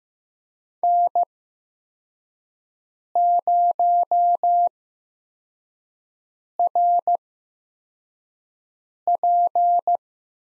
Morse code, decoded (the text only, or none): N0RP